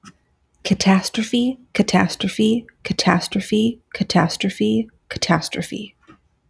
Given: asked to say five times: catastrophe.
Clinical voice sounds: repeated word; female; 30 to 39 years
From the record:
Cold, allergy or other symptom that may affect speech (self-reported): no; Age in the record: 35 years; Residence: Washington, United States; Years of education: 16

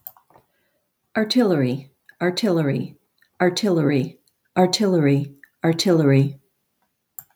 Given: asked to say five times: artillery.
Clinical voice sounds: repeated word; female; 70 to 79 years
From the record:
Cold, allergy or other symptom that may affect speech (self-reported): no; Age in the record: 72 years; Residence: North Carolina, United States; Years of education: 16

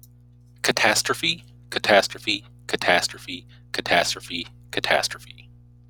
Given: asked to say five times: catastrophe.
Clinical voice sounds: repeated word; male; 30 to 39 years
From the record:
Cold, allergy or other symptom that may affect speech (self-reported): no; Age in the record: 36 years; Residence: Alaska, United States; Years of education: 15

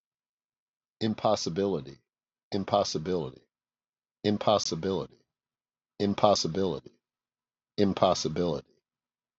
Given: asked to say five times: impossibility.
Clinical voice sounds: repeated word; male; 50 to 59 years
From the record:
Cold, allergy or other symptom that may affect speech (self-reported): no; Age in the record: 56 years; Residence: New York, United States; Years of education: 13

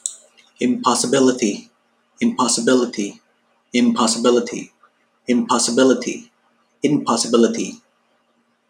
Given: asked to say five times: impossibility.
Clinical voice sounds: repeated word; male; 20 to 29 years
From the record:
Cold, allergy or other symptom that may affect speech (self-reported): no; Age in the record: 26 years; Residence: Florida, United States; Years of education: 16

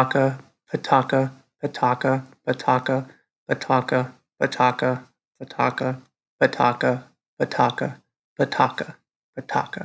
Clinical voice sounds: repeated syllables /pa ta ka/; male; 20 to 29 years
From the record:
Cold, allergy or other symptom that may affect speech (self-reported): no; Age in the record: 29 years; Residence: Iowa, United States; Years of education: 16

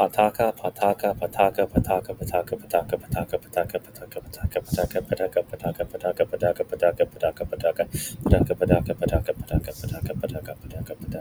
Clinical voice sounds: repeated syllables /pa ta ka/; male; 20 to 29 years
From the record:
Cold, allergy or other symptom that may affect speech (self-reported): no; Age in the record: 28 years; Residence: California, United States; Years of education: 16

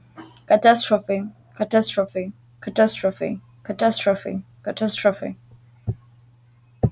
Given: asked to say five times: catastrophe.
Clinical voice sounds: repeated word; female; 20 to 29 years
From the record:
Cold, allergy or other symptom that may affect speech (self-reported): no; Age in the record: 29 years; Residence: California, United States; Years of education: 16

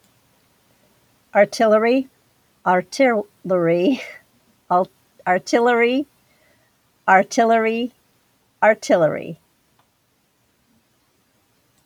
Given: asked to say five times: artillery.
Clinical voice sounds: repeated word; female; 70 to 79 years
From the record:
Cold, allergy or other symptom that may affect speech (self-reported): no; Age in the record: 72 years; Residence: Illinois, United States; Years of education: 17

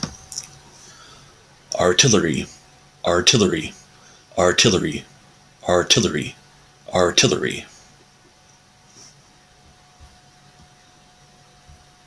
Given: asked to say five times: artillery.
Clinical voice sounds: repeated word; male; 30 to 39 years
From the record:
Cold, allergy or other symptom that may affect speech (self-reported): no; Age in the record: 35 years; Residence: Kentucky, United States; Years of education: 14

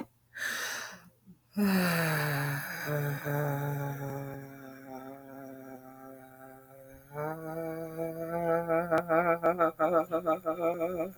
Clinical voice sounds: vowel held as long as possible; female; 40 to 49 years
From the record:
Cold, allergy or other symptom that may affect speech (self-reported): no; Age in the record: 41 years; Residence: Michigan, United States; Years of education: 19

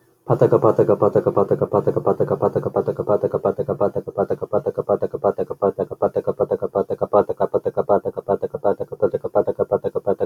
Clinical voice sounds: repeated syllables /pa ta ka/; male; 20 to 29 years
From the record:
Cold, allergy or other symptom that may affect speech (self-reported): no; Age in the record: 26 years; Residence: Massachusetts, United States

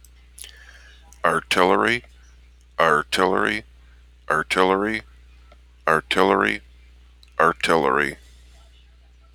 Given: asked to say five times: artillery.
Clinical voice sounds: repeated word; male; 50 to 59 years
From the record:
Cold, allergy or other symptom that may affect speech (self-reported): no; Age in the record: 58 years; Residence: Minnesota, United States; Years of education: 14

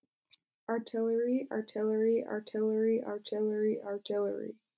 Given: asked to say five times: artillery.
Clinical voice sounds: repeated word; female; 20 to 29 years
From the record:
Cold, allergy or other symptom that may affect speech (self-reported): no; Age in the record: 20 years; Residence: Utah, United States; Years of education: 13

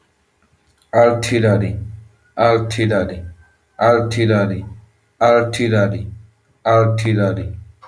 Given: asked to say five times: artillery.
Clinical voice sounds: repeated word; male; 30 to 39 years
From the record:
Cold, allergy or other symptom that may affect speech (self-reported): no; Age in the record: 30 years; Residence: United States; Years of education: 16

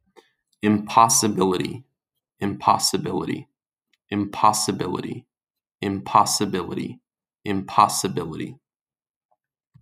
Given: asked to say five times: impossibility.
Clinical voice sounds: repeated word; male; 30 to 39 years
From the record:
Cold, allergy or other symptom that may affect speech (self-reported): no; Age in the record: 30 years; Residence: Maryland, United States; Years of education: 16

